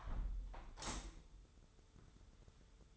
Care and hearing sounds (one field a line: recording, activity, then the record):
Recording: daily activity, microphone in the room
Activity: close window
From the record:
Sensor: 3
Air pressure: 995.7 hPa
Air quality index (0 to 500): 97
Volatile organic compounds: 13 ppm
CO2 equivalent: 2422 ppm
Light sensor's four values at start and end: 27/82/34/30 and 27/82/35/30